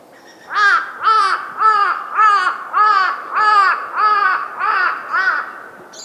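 Crow giving a rhythmic series of about ten loud, hoarse caws, each slightly drawn out, spaced around half a second apart.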